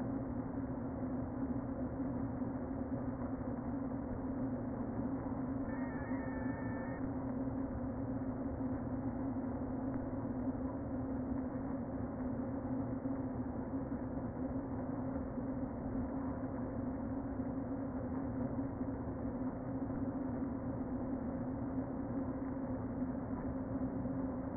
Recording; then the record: honeybee colony, microphone inside the hive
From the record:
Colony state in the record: queen present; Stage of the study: before two queens were removed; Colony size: about 60,000 bees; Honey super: yes